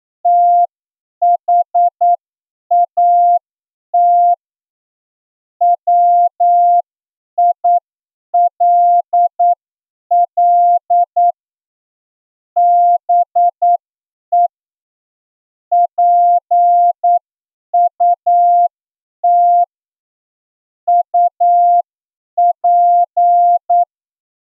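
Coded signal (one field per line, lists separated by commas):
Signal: Morse code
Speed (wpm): 9 wpm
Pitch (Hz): 700 Hz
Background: none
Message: THAT WILL BE PUT UP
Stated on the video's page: Morse receiving test practice at 8 words per minute, plain language passage of 200 characters including letters, figures and punctuation.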